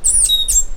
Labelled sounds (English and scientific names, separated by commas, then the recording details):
Stitchbird (Notiomystis cincta) song
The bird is a male
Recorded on Tiritiri Matangi Island, New Zealand, in 2005
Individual 2, of nest box 2